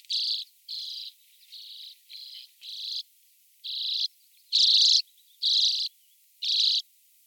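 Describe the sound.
Common redpoll song: a series of short buzzy, trilled bursts, about one every second, some louder than others, with faint chattering notes between.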